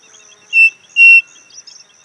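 Bird call: a short pure whistled note followed by a longer, louder one at the same pitch, with faint high buzzing insects behind.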